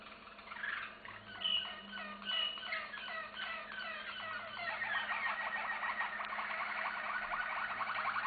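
Canary singing quick repeated chirps that run into a long, dense rolling trill.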